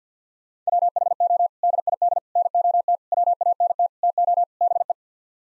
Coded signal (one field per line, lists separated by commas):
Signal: Morse code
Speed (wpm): 50 wpm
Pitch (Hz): 700 Hz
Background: none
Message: WHO DID NOT WANT TO BE